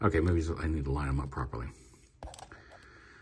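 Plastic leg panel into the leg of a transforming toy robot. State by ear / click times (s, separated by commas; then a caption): seated / 2.2 s. Someone talks, then lines up a plastic leg panel on a Transformers Studio Series Concept Art Sunstreaker robot figure after it failed to lock, and folds it flat against the leg. A sharp plastic tick sounds at 2.2 s, followed by a few fainter ticks. The panel seats, folded flat into place.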